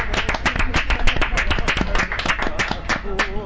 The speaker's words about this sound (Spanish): Aplausos.